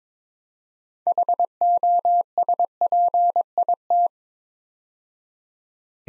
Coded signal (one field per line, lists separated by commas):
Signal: Morse code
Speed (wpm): 22 wpm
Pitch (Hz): 700 Hz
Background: none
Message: HOSPIT